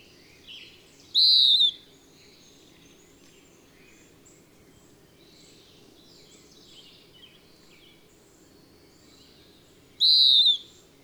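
A bird gives two loud, clear downslurred whistles about nine seconds apart, with faint high twittering between them and a constant low hum.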